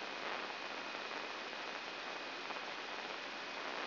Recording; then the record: brain microelectrode recording played as sound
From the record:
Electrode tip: inside the subthalamic nucleus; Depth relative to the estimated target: 0 mm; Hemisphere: left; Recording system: AlphaMap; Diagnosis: Parkinson's disease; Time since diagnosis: 11 years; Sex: female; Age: 62 years